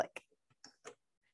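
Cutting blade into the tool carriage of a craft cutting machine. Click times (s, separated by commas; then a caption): 0.2 s, 0.7 s. A basic Silhouette cutting blade is inserted into tool carriage one of a Silhouette craft cutting machine and pushed down and forward, giving short sharp clicks at 0.2 s and 0.7 s, followed by a softer tick around 0.9 s. The blade clicks into place and seats; it bounces back up but stays in the machine, and the software detects it as ready to cut.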